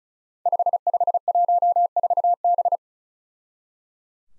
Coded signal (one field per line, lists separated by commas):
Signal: Morse code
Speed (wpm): 36 wpm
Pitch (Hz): 700 Hz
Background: none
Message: 5514B